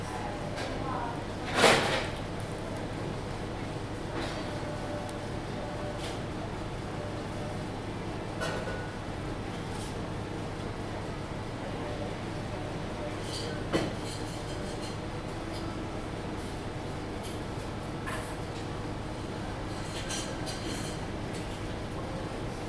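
Ventilation hums steadily throughout, a dense, even roar with a strong low drone underneath. A sharp clatter stands out near the start, and a smaller knock comes around the middle, with faint indoor sounds scattered in the background.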